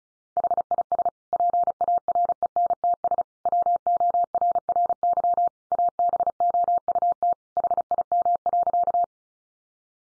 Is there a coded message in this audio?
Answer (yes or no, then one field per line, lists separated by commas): yes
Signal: Morse code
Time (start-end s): 0.4-9.0 s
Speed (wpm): 34 wpm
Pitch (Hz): 700 Hz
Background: none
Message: HIS PARENTS WORRY ABOUT HIM.